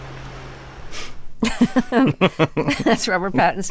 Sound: laughter

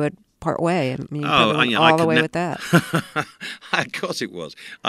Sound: laughter

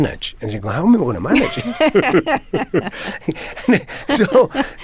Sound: laughter

